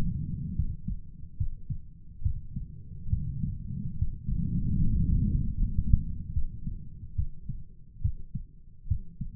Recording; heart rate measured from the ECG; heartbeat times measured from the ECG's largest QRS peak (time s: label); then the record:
heart sounds by stethoscope; 72 bpm
0.55 s: heartbeat
1.37 s: heartbeat
2.22 s: heartbeat
3.09 s: heartbeat
3.98 s: heartbeat
4.78 s: heartbeat
5.54 s: heartbeat
6.33 s: heartbeat
7.15 s: heartbeat
8.01 s: heartbeat
8.88 s: heartbeat
From the record:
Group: healthy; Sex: male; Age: 35 years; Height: 178 cm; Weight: 64 kg